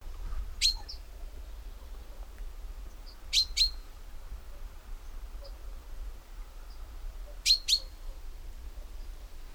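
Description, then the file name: Common chaffinch giving short bright call notes, mostly in pairs, spaced a few seconds apart against low background rumble. "Fringilla coelebs"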